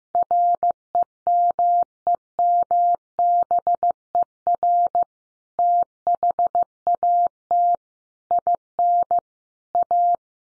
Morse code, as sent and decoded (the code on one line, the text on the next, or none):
.-. . -- . -- -... . .-. / - .... .- - / .. -. / .-
REMEMBER THAT IN A